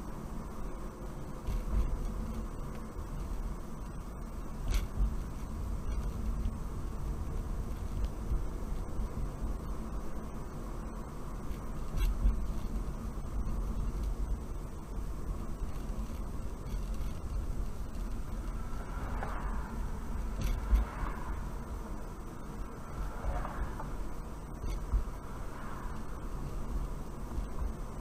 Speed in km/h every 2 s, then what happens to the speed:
39, 35, 34, 32, 34, 37, 34, 34, 31, 32, 31, 34, 34, 35.
0-6 slows to 32. 6-28 steady at about 34.